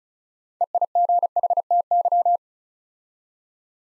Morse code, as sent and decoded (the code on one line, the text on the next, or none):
. .. --. .... - -.--
EIGHTY